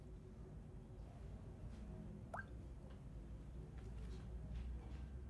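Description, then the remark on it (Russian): A few soft drops of iodine fall into a glass of water, one giving a clear, short rising plink while the others tick faintly, over a steady low background hum. “В стакан с водой падают капли йода.”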